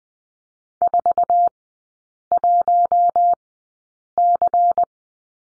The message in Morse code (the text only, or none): 41C